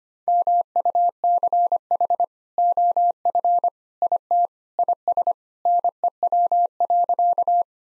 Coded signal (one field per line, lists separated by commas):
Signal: Morse code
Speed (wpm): 25 wpm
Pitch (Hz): 700 Hz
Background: none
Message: MUCH OF IT IS NEW.